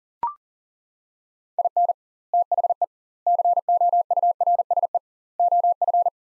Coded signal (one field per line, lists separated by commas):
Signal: Morse code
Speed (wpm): 40 wpm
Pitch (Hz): 700 Hz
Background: none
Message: IN THE COURSE OF